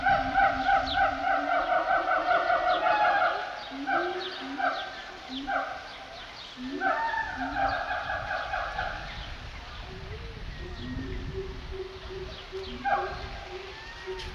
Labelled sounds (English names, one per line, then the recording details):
Siamang
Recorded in captivity
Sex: pair
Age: adult
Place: Zoo Berlin, Berlin, DE
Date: 1988-07-23
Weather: sonnig, 21-30°C
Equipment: 19 cm Stereo
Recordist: Tembrock, Günter